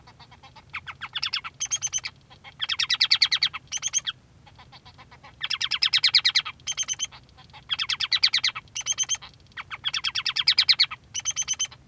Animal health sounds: song of a male Bengalese finch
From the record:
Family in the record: son of father 3

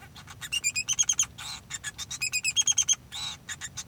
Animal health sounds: song of a male Bengalese finch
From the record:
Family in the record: son of father 2

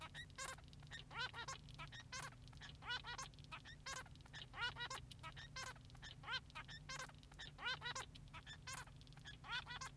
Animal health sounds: song of a male Bengalese finch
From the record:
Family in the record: son of father 3

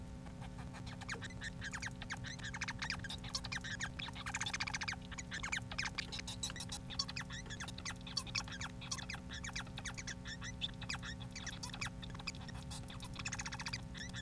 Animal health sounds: song of a male Bengalese finch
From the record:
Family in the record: son of father 4

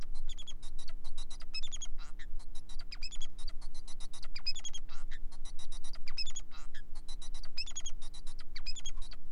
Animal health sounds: song of a male Bengalese finch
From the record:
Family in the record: son of father 4

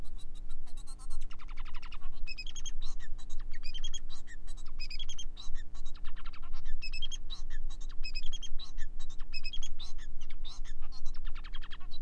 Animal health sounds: song of a male Bengalese finch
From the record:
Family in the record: son of father 4

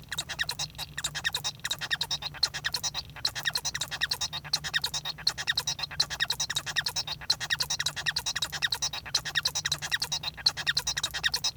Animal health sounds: song of a male Bengalese finch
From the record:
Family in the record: son of father 1

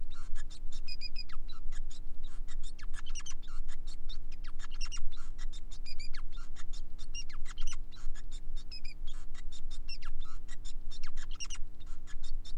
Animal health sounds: song of a male Bengalese finch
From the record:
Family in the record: son of father 5

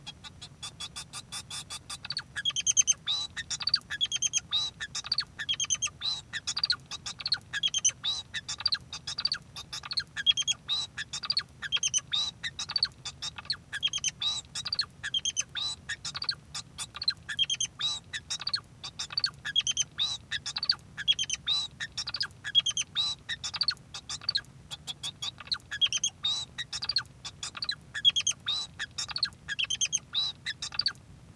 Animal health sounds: song of a male Bengalese finch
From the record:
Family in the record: son of father 2

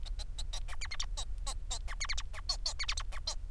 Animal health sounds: song of a male Bengalese finch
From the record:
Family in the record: son of father 4

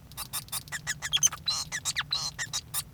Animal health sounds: song of a male Bengalese finch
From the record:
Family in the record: son of father 5

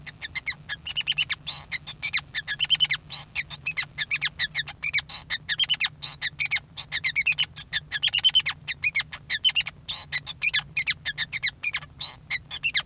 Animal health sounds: song of a male Bengalese finch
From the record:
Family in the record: son of father 5

